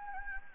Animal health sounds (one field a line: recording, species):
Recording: mosquito wingbeat signal from an infrared sensor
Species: Anopheles gambiae